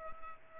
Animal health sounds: mosquito wingbeat signal from an infrared sensor; Culex pipiens

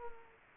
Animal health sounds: mosquito wingbeat signal from an infrared sensor; Culex quinquefasciatus

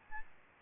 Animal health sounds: mosquito wingbeat signal from an infrared sensor; Aedes albopictus

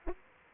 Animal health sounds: mosquito wingbeat signal from an infrared sensor; Anopheles arabiensis

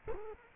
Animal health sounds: mosquito wingbeat signal from an infrared sensor; Culex quinquefasciatus

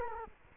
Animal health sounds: mosquito wingbeat signal from an infrared sensor; Culex quinquefasciatus

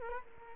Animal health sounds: mosquito wingbeat signal from an infrared sensor; Culex quinquefasciatus

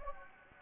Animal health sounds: mosquito wingbeat signal from an infrared sensor; Anopheles gambiae

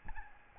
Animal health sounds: mosquito wingbeat signal from an infrared sensor; Aedes albopictus

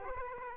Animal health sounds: mosquito wingbeat signal from an infrared sensor; Aedes aegypti

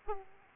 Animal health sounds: mosquito wingbeat signal from an infrared sensor; Aedes aegypti

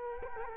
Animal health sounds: mosquito wingbeat signal from an infrared sensor; Culex quinquefasciatus

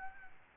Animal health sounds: mosquito wingbeat signal from an infrared sensor; Aedes albopictus

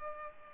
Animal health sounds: mosquito wingbeat signal from an infrared sensor; Culex pipiens

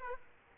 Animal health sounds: mosquito wingbeat signal from an infrared sensor; Aedes aegypti

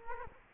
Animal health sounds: mosquito wingbeat signal from an infrared sensor; Culex quinquefasciatus

